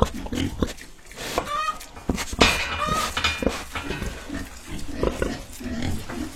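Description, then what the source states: Domestic pigs grunting in low bursts mixed with short higher squeals. Pigs in a large, systematic family-built pig farm, recorded during a visit.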